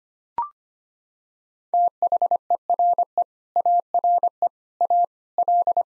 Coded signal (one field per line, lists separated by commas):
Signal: Morse code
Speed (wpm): 25 wpm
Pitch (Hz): 700 Hz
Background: none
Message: THERE ARE A L